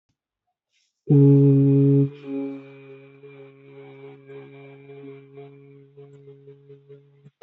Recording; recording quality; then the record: sustained vowel as in boot; excellent, no background noise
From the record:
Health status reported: healthy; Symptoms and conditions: none ticked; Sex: male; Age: 31 years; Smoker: not ticked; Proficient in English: yes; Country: India